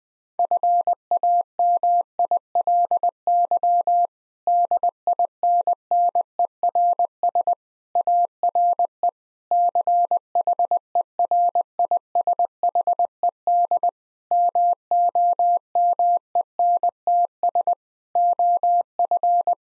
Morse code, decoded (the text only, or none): FAMILY DINNERS ARE CHERISHED MOMENTS OF